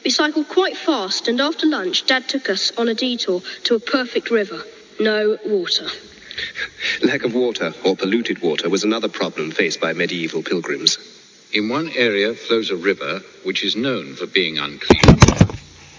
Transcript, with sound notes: We cycled quite fast and after lunch Dad took us on a detour to a perfect river – no water.
(LAUGHS) Lack of water or polluted water was another problem faced by medieval pilgrims.
In one area flows a river, which is known for being unclean.